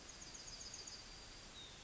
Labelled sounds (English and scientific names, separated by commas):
Yellowhammer (Emberiza citrinella) song